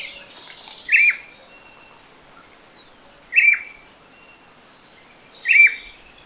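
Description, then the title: Black-crested Warbler calls: three crisp, high notes spaced about two seconds apart against a soft hiss. "Myiothlypis Nigrocristata"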